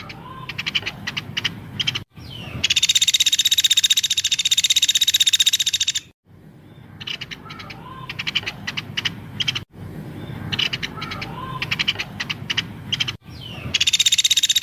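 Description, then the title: Streaked spiderhunter song: long, harsh, rapid chattering trains alternating with stretches of scattered sharp chips and short soft whistled notes, with abrupt breaks between sections. Lively, clear, long song, used to train other birds. "Pijantung Gunung Gacor Jernih Panjang"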